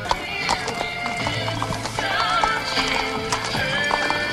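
Polish hussar cavalry banners led by cavalry captain Dariusz Wasilewski ride into a castle courtyard, horses clopping along at a steady trot, hooves striking in a quick, uneven rhythm, while a horse whinnies and a busy crowd murmurs underneath.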